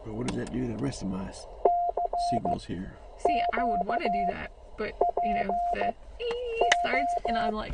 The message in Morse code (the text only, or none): CQ PO